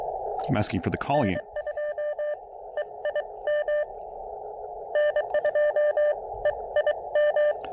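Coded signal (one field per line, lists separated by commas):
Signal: Morse code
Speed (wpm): 22 wpm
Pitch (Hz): 590 Hz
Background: speech, radio noise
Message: N2EIM N2EIM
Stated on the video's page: CW POTA activation at 500 milliwatts with Elecraft KX2 and PackTenna random wire; later 20m at 5 watts; QSB noted.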